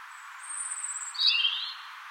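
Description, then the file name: European robin: a drawn-out very high thin whistle followed by a quicker, slightly lower trilled flourish, over faint steady hiss. "Erithacus rubecula"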